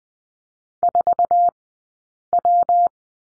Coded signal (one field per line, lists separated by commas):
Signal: Morse code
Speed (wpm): 20 wpm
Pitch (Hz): 700 Hz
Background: none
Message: 4W